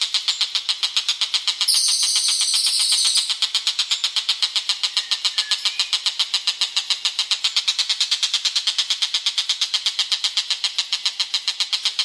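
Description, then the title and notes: Bird pouring out rapid regular harsh notes, with a brief bright high whistle layered over them early on. "Bird Sound. Kicau Burung Lengkap"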